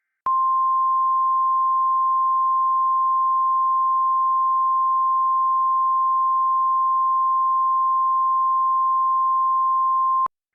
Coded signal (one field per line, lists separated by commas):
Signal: Emergency Alert System (SAME) tones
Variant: 1050 Hz attention tone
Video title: VALID TONES "The Flood" an EAS Reenactment Scenario